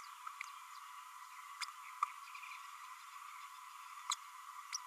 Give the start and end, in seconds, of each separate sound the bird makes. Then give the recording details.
1.61-1.64, 2.02-2.05, 4.11-4.14, 4.74-4.77. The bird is a female. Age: 32 days. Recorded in a nest box in Venezuela. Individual 17B32A7